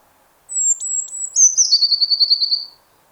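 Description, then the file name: Eurasian blue tit song: a high, thin sustained note with faint clicks, stepping down into a fast, steady trill lasting over a second. "Cyanistes caeruleus"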